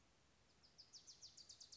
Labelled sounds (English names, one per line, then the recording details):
Wilson's Warbler
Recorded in Sonoma County, California